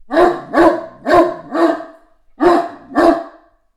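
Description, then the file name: Great Dane barking: six deep, loud woofs, four in quick succession, then a short pause and two more. Female dog barking. "freesound Female Great Dane Bark"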